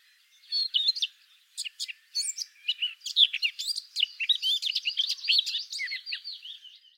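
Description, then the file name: Eurasian blackcap song, a long stream of mixed whistled and scratchy notes with only brief breaks, running on to the end. "Sylvia atricapilla"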